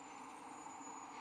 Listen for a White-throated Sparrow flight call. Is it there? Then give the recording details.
no. No flight call is heard. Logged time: 22:11 on 12 December 2014